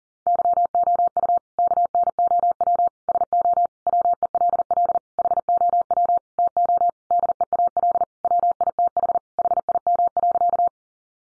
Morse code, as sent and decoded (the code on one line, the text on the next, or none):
-.-- --- ..- / -.- -. --- .-- / ... --- / .-- . .-.. .-.. / .... --- .-- / - --- / -.. . .- .-.. / .-- .. - .... / .... .. -- .-.-.-
YOU KNOW SO WELL HOW TO DEAL WITH HIM.